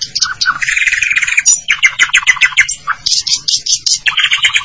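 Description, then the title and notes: Starling calls: harsh, squawking chatter in quick rhythmic bursts mixed with brighter squeaky notes. "suara burung jalak"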